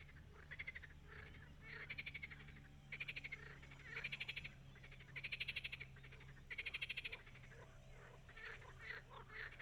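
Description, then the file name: Frog calls: rapid pulsed rattling croaks in short bursts, repeated about every second, over a low steady hum. "Froesche"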